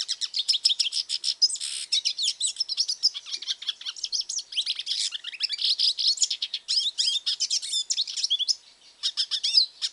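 Hooded siskin song, a long, fast twittering stream of high chirps, trills and buzzy notes, almost continuous with a brief pause near the end.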